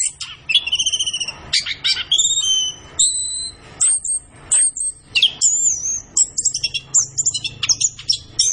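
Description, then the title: Orange-headed thrush song: long, pure, high whistles with overtones, followed by quick chirps and trills in short repeated bursts. Kept songbird singing gacor, used as masteran to train other birds in Indonesian songbird keeping (kicau mania). "Anis Kembang Gacor. Kicau Mania Masteran Anis Kembang"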